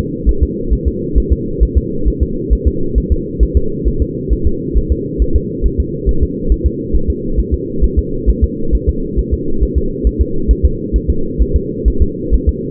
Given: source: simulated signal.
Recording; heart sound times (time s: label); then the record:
fetal heart sounds
0.29 s: S1
0.43 s: S2
0.73 s: S1
0.88 s: S2
1.18 s: S1
1.32 s: S2
1.63 s: S1
1.78 s: S2
2.08 s: S1
2.22 s: S2
2.53 s: S1
2.67 s: S2
2.98 s: S1
3.12 s: S2
3.43 s: S1
3.57 s: S2
3.88 s: S1
4.02 s: S2
4.33 s: S1
4.47 s: S2
4.78 s: S1
4.92 s: S2
5.22 s: S1
5.36 s: S2
5.66 s: S1
5.80 s: S2
6.09 s: S1
6.23 s: S2
6.52 s: S1
6.66 s: S2
6.95 s: S1
7.10 s: S2
7.40 s: S1
7.54 s: S2
7.84 s: S1
7.99 s: S2
8.30 s: S1
8.44 s: S2
8.75 s: S1
8.89 s: S2
9.19 s: S1
9.34 s: S2
9.63 s: S1
9.78 s: S2
10.07 s: S1
10.21 s: S2
10.51 s: S1
10.65 s: S2
10.96 s: S1
11.10 s: S2
11.42 s: S1
11.56 s: S2
11.88 s: S1
12.02 s: S2
12.34 s: S1
12.49 s: S2
From the record:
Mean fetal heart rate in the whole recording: 135 bpm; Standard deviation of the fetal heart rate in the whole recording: 3 bpm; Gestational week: 34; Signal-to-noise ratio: -8.1 dB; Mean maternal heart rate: 72 bpm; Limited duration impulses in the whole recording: absent